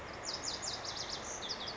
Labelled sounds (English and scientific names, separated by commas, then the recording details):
Lazuli Bunting (Passerina amoena)
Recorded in Sonoma County, California